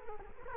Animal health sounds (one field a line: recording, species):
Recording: mosquito wingbeat signal from an infrared sensor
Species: Culex quinquefasciatus